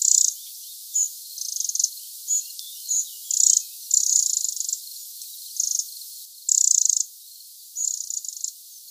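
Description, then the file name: Eurasian wren giving dry, high rattling call bursts, short churrs repeated irregularly every half second to a second, a few longer and louder, with nothing else clearly heard. "Troglodytes troglodytes"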